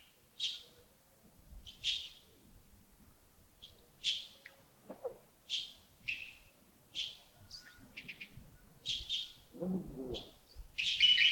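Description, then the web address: Bird chirps, short notes repeated roughly every second, a quick run of clipped notes near the end, and a brief soft rustle. Birds recorded early in the morning at Yagongding (亚公顶) on 28 December 2025, around 07:40. "2025-12-28 亚公顶清晨 251228 074040 birds"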